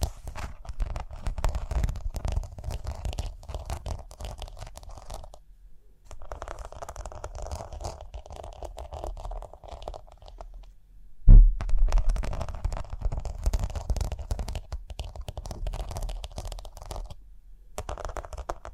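Scratching and brushing on rhinestones in dense, continuous bursts, with a gritty texture and a low rumbling undertone. The sound pauses briefly around 5.5, 11 and 17.5 seconds, and a sharp knock at about 11 seconds starts a louder, rougher stretch.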